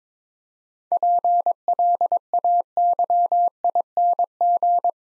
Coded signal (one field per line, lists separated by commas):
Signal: Morse code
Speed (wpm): 22 wpm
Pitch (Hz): 700 Hz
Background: none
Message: PLAYING